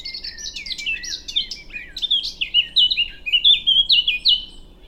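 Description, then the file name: Eurasian blackcap singing a fast, scratchy warble that shifts into a series of rich, clear whistled phrases. "Sylvia atricapilla"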